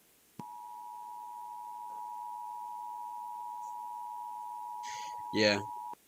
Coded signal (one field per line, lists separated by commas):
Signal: Emergency Alert System (SAME) tones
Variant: 853 and 960 Hz attention tone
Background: speech